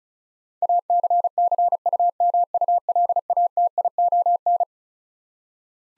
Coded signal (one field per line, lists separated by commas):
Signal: Morse code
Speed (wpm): 36 wpm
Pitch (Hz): 700 Hz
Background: none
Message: ACCUMULATION